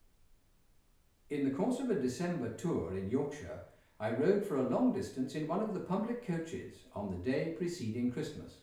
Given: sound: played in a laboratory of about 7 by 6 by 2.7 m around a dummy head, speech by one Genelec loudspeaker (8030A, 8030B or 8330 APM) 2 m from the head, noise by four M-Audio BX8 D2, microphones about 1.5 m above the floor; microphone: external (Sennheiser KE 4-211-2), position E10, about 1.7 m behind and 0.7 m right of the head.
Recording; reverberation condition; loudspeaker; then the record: male speech in English; medium; 90 degrees to the right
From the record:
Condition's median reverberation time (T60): about 510 ms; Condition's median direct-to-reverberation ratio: about -0.5 dB